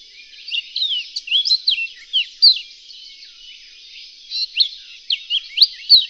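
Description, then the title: Reunion olive white-eye twittering in bursts of high, sharp, slurred chirps, with a brief lull in the middle before the chirping resumes. "kicau pleci reunion olive white eye"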